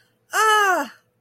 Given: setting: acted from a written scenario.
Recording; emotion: vocal sound without words; positive surprise